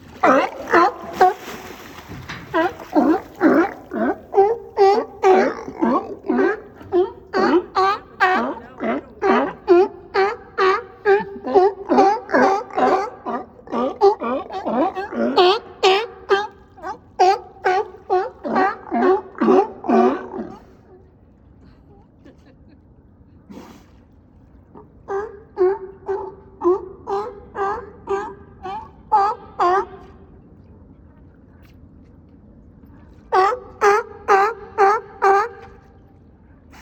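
A sea lion croaks in rapid, regular bursts of barks, calling almost nonstop for the first twenty seconds. After a quiet gap with a low wash of water, two shorter runs of the same hoarse barking follow, around 25 and 33 seconds.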